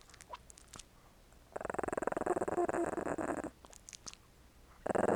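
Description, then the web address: Small dog growling in a rough, pulsing burst lasting about two seconds, with wet licking and clicking sounds before and after, then a second loud burst starting near the end. "Sony Creative Software Sony Pictures Sound Effects Series Volumes 1-10 Volume 1 Animals Dog Small Growling Licking"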